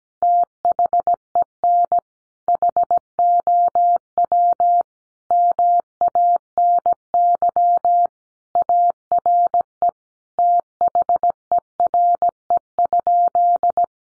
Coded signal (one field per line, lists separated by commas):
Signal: Morse code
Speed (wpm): 17 wpm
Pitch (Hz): 700 Hz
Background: none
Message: THEN HOW MANY ARE THERE?